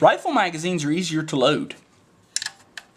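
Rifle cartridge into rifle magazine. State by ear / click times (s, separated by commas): seated / 2.4 s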